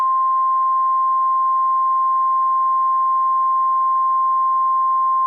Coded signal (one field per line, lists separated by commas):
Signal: Emergency Alert System (SAME) tones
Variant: 1050 Hz attention tone